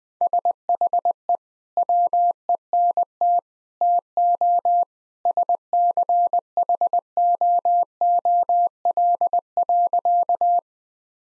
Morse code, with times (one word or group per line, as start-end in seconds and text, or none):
0.2-1.4 SHE
1.8-3.4 WENT
3.8-4.8 TO
5.3-10.6 SCHOOL.